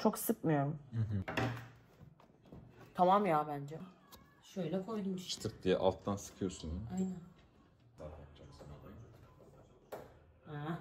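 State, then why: Seated. A computer component, not named, is pressed in from below during a PC build while someone talks. A single sharp click at 9.9 seconds marks the part snapping into place, and it is seated.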